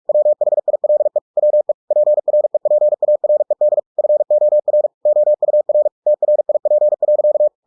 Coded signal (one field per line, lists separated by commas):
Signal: Morse code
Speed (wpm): 46 wpm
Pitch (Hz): 600 Hz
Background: none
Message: WHILE WE PREPARED FOR OUR TRIP.